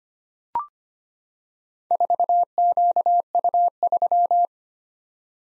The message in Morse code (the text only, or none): 4QU3